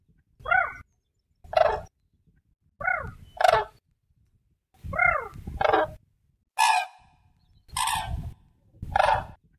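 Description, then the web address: Whooping crane calling in loud, bugling, harmonic notes, mostly in pairs, against a quiet background. "Zoo Field Guide"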